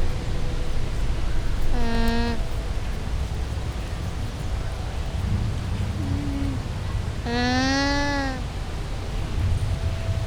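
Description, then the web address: Llama calls, two harmonic bleating cries, the second longer and arching in pitch, over steady low rumbling background noise, with a fainter short call between. Recorded at a zoo in Győr, Hungary, in 2014 with professional equipment; calls fairly well audible; wind had eased. "allathangok gyorizoo 2014 lama viszonylagjolhallhatoak enyhultaszel"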